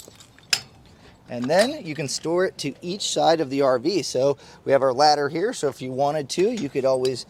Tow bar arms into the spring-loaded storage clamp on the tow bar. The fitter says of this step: a spring-loaded clamp here so we'll just we'll just bring this up we'll get this to snap in place